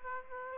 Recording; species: mosquito wingbeat signal from an infrared sensor; Aedes aegypti